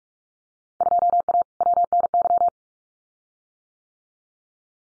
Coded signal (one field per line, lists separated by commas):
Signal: Morse code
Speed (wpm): 44 wpm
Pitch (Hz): 700 Hz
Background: none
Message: 2A WNY